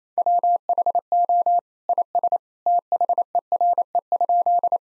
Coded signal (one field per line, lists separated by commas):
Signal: Morse code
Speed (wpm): 27 wpm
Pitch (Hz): 700 Hz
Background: none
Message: WHO IS THERE?